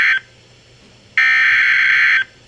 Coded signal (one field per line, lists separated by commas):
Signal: Emergency Alert System (SAME) tones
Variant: header bursts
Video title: Areal Flood Warning (EAS #322)